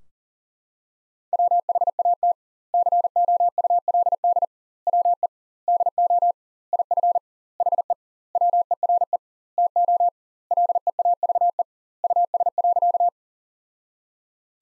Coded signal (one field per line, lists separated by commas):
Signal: Morse code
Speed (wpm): 40 wpm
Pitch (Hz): 700 Hz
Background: none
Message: WHAT COULD WE DO IF HE WERE TO LEAVE US.